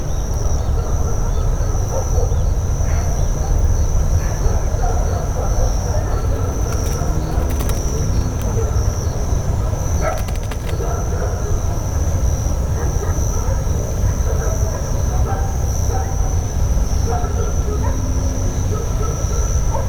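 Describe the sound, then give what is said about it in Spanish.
A steady, low rumble of the town of Santa Rosa, about 5 kilometres away across the pampa, carries on unbroken for the whole stretch, a dense bed of deep noise with a faint high hiss above it and no pauses. “Ese trueno continuo que hay bien al fondo es Santa Rosa, unos 5 kilómetros.”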